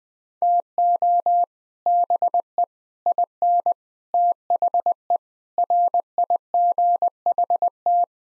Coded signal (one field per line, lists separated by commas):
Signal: Morse code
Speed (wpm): 20 wpm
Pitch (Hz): 700 Hz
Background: none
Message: TO BE IN THE RIGHT